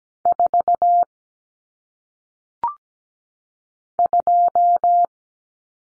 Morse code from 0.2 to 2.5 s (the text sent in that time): 4